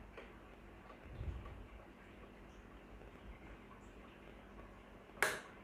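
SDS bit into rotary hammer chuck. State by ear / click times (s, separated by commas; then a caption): seated / 5.2 s. A chisel bit is pushed into the SDS chuck of an INGCO cordless rotary hammer and turned until it finds its position, with faint handling sounds and a low thump around 1.2 s. A sharp click at 5.2 s marks the bit seating, and it is then locked in and cannot come out.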